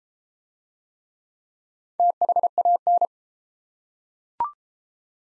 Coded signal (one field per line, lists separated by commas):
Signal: Morse code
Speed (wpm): 31 wpm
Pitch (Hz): 700 Hz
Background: none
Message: THAN